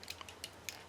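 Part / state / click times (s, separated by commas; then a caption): plastic neck-piece tabs into the slots on an action figure's torso / not seated / none. Someone pushes two small plastic tabs on an action figure's neck piece toward the matching slots on its torso, producing a few light, sharp plastic ticks and scrapes, the sharpest near the end. The tabs won't go in because they aren't lined up properly, so nothing has seated or locked into place.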